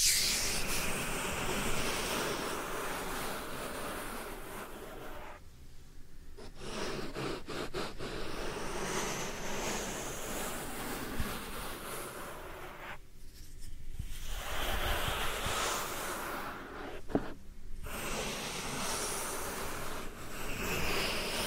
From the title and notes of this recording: ASMR Real Soft Powder Ear Massage (No Talking).